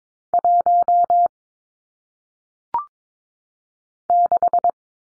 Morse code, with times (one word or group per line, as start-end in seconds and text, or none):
0.3-1.3 1
4.1-4.7 6